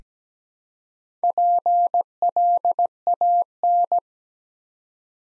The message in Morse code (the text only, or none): PLAN